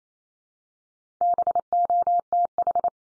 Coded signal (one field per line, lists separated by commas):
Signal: Morse code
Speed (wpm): 28 wpm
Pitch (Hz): 700 Hz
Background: none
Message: BOTH